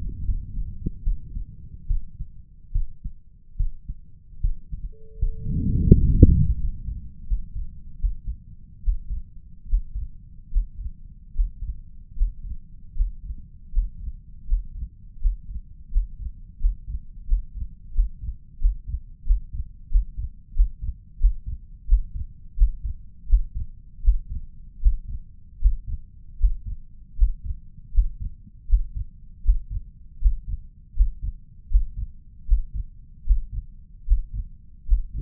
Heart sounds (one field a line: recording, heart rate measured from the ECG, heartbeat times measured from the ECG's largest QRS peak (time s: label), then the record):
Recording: heart sounds by stethoscope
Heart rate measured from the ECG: 80 bpm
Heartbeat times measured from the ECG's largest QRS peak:
0.24 s: heartbeat
1.03 s: heartbeat
1.87 s: heartbeat
2.72 s: heartbeat
3.56 s: heartbeat
4.40 s: heartbeat
5.18 s: heartbeat
5.93 s: heartbeat
6.58 s: heartbeat
7.26 s: heartbeat
7.99 s: heartbeat
8.82 s: heartbeat
9.67 s: heartbeat
10.50 s: heartbeat
11.33 s: heartbeat
12.14 s: heartbeat
12.93 s: heartbeat
13.70 s: heartbeat
14.45 s: heartbeat
15.18 s: heartbeat
15.89 s: heartbeat
16.58 s: heartbeat
17.25 s: heartbeat
17.92 s: heartbeat
18.58 s: heartbeat
19.24 s: heartbeat
19.89 s: heartbeat
20.53 s: heartbeat
21.18 s: heartbeat
21.86 s: heartbeat
22.55 s: heartbeat
23.27 s: heartbeat
24.02 s: heartbeat
24.80 s: heartbeat
25.59 s: heartbeat
26.38 s: heartbeat
27.16 s: heartbeat
27.92 s: heartbeat
28.67 s: heartbeat
29.43 s: heartbeat
30.19 s: heartbeat
30.94 s: heartbeat
31.69 s: heartbeat
32.46 s: heartbeat
33.24 s: heartbeat
34.05 s: heartbeat
34.86 s: heartbeat
From the record:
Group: healthy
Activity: rest 0-7 s, breath hold 7-35 s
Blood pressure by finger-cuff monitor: 138/90 mmHg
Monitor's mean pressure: 107 mmHg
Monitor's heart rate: 77 bpm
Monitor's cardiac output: 5.1 L/min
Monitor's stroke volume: 65 mL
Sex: male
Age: 35 years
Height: 178 cm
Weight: 64 kg